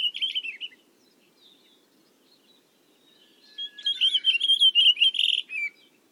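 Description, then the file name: Pine grosbeak song: a short warbled phrase, a pause of nearly three seconds, then a longer run of rapid, varied whistled notes, in an otherwise quiet setting. Recorded at Kamikawa on 1 July 2007. "ginzanmashiko 070701 kamikawa hanada"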